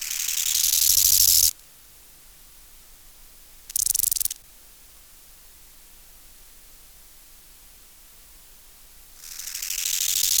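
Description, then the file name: Bow-winged grasshopper stridulation: the loud tail of a rasping phrase, a short burst a couple of seconds later, long silence, then a new phrase swelling at the end. Subspecies euhedickei. "Chorthippus biguttulus euhedickei"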